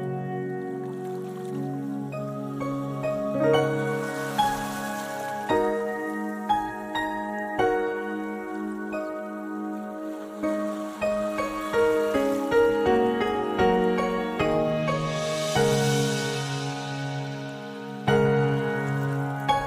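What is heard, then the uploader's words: Calm meditation music of sustained, layered tones that shift chords every few seconds, with softly struck notes scattered throughout. A gentle wash of watery hiss swells up around five seconds and again near sixteen seconds before fading back. Meditation Music with soft water sounds.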